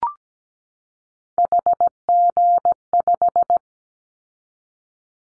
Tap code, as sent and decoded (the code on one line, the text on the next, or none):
none